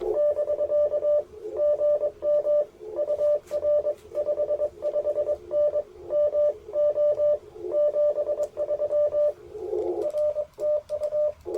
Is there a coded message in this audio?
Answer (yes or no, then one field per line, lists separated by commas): yes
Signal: Morse code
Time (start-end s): 0.2-11.3 s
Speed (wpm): 22 wpm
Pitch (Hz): 600 Hz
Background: radio noise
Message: <BK> GM UR 55N MO 73 R TU